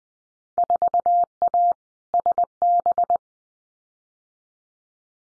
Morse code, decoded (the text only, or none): 4A SB